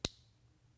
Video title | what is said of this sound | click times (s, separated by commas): Competition Spring Kit Part 2 | and then push up and you'll hear a very distinctive click | 0.0 s